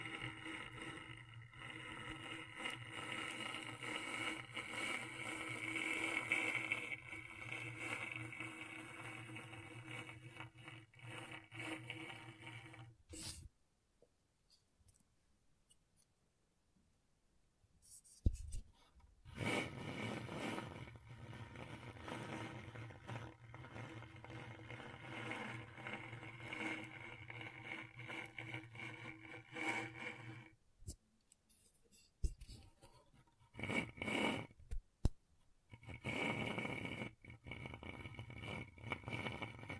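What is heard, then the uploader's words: Scratchboard scraping comes in dense, rasping stretches with a low hum beneath, broken by a near-silent gap around 13–18 seconds and brief pauses later. ASMR Brain Tingling Scratchboard (No Talking).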